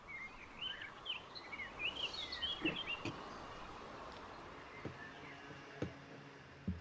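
Birds in the trees chirp and trill in quick, high twittering bursts during the first few seconds over a steady rushing wash of stream water at a stone bridge near Posada, followed by a few sharp clicks and taps.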